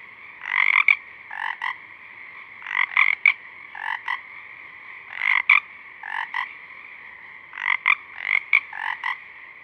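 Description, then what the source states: Pacific chorus frog croaks in quick clusters every second or two against a quiet background. A few tiny frogs singing at dusk, recorded with a parabolic reflector and simultaneously with a double mid-side rig 50 feet away.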